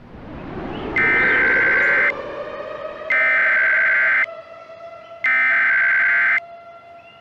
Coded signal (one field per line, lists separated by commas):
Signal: Emergency Alert System (SAME) tones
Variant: header bursts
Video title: [EAS Scenario] Scarce Occurence